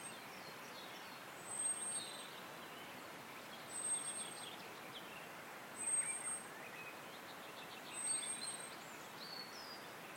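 Birdsong on a summer walk, with faint, scattered chirps and warbles from birds over a steady outdoor hiss. A thin, very high piping note repeats at even intervals about every two seconds, each call brief and slightly louder than the background.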